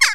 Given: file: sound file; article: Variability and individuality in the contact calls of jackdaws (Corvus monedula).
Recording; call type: jackdaw call; harmonic